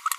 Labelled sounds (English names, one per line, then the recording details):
Green-rumped Parrotlet babbling
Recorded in a nest box in Venezuela
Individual 18B25A3